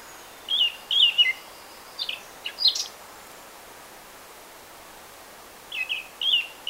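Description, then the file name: Eurasian blackcap song in short warbled bursts, several brief phrases separated by pauses, with a longer gap before a final short phrase. "Sylvia atricapilla"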